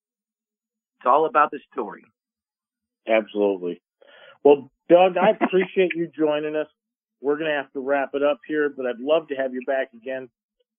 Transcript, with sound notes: It's all about the story.
Absolutely. Well, Doug, I appreciate-
(laughs)
... you joining us. We're going to have to wrap it up here, but I'd love to have you back again.